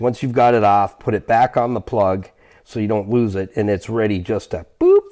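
A man talks while handling the wiring harness plug for a new crankshaft position sensor on a 2009 Hyundai Accent, with the retaining clip preloaded back onto the plug so it isn't lost. The plug has not yet been pushed onto the sensor, and nothing has seated or clicked.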